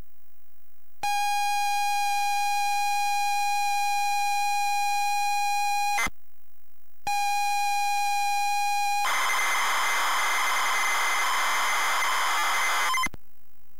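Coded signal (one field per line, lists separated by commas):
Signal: ZX Spectrum tape loading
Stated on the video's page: Spectrum +3 tape load from a WH Smith CPD8300 cassette player.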